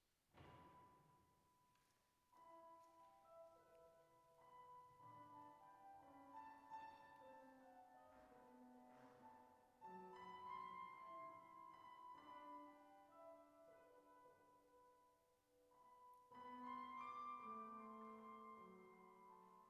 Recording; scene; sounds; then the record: everyday scene through a hearing-aid microphone; reverberant space; music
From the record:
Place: church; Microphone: behind the ear, right, rear